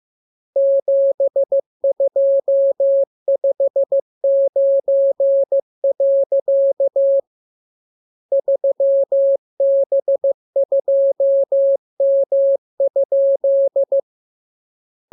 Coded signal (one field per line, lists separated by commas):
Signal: Morse code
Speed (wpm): 15 wpm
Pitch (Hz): 550 Hz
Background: none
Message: 7259. 3B2M?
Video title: Learning Morse Code. Lesson 34. Letter KMURESNAPTLWI.JZ=FOY,VG5/Q92H38B?47